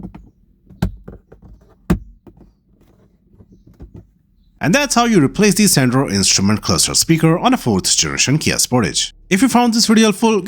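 A plastic daylight sensor is pressed into its opening on top of the dashboard grille of a fourth generation Kia Sportage, after replacing the center instrument cluster speaker. Sharp snaps are heard at 0.8 s and 1.9 s, along with faint small taps, as the sensor becomes fully seated. From about 4.6 s on, someone talks.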